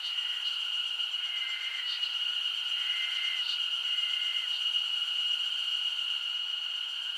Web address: Sound Effects-Foundation 1 AMBIENCE JAPANESE SUMMER INSECTS